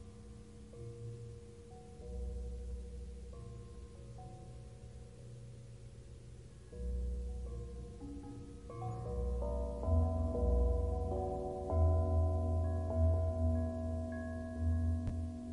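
Calming bells ring out in slow, overlapping strikes, each tone hanging and fading over a low, steady hum. The texture thickens after about nine seconds as more pitches stack up, with deep rumbling swells pulsing underneath until the end.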